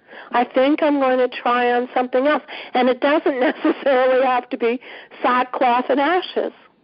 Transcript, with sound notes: I think I’m going to try on something else.” And it doesn’t necessarily [laughs] have to be sackcloth and ashes!